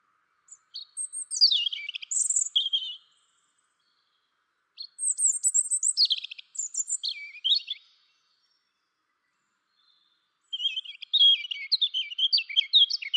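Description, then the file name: European robin song, three high cascading phrases of fluty notes and rapid trills, separated by pauses of about two seconds. "Erithacus rubecula"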